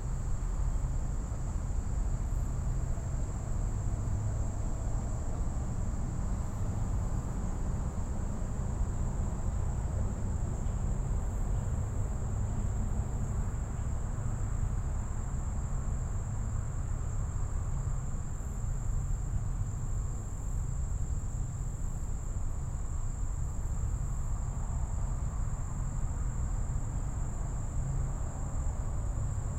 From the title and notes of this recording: Gibraltar Bay Unit: Detroit River International Wildlife Refuge. Marsh and upland refuge on the site of a former Navy seaplane base and former NIKE missile base.